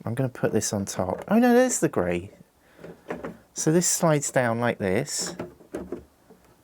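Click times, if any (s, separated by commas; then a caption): none. A plastic brick-built roof section of a LEGO City London Tube station model is slid down onto the station while someone talks. Light plastic handling knocks are heard around 3.1, 3.3, 5.8 and 5.9 seconds. The section has not yet locked into place by the end of the clip.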